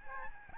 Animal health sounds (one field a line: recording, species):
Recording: mosquito wingbeat signal from an infrared sensor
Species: Aedes albopictus